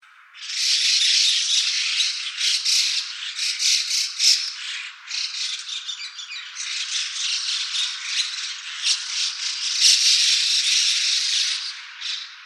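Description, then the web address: White-cheeked starling calls as nearly continuous grating, rattling squawks, repeated in quick uneven bursts for most of the twelve seconds, with no other sounds clear. Recorded on 26 January 2014. "birdenaga mukudori 140126"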